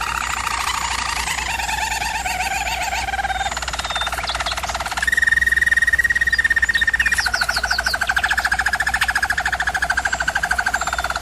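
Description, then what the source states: German Roller canary song: varied trills give way to a louder, steady, higher roll, then a long, even, lower rolling phrase. German Roller canary singing, used for training canaries.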